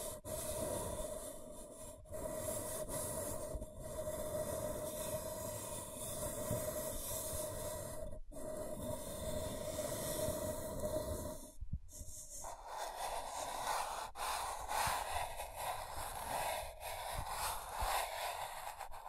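Scratching and tracing runs as a dense, continuous rasp with a steady humming tone underneath, broken by brief pauses near 2, 4, 8 and 12 seconds. After about 12 seconds the low rumble drops away and the strokes turn lighter and choppier, with frequent short breaks.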